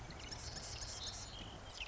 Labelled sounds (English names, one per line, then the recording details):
Marsh Wren
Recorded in Sonoma County, California